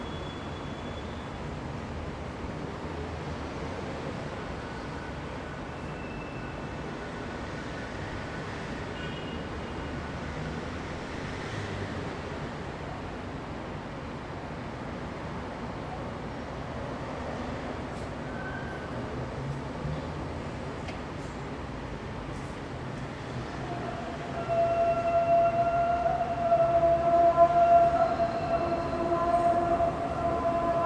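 Dense, steady city traffic rumble with a passing train, then from about 24 seconds a louder rail vehicle with a sustained high wheel squeal.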